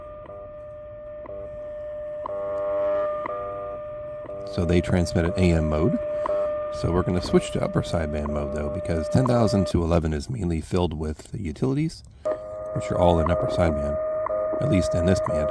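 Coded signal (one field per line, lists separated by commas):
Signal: radio time signal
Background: speech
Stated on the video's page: Heard during a morning band scan from 10000 to 11000 kHz in a park.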